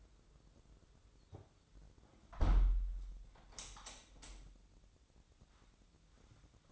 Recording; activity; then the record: daily activity, microphone in the room; close window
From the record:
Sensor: 3